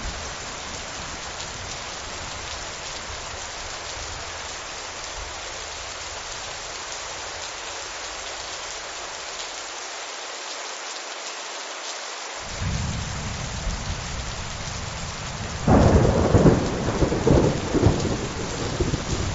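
Heavy rain falls in a dense, steady hiss throughout. Around twelve seconds a low rumble of thunder rolls in, and from about sixteen seconds it grows louder and more uneven, with thudding surges, before easing slightly at the end.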